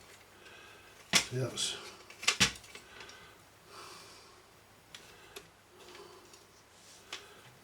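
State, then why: Not seated. A rotating plastic part is turned into the housing of a Numark KMX 02 mixer during a repair, giving a few sharp plastic knocks and clacks between about 1.1 and 2.4 seconds, followed by lighter taps while someone talks. Nothing has seated or clicked yet; the part fails to lock into place because a piece of the plastic, a tab, has broken off.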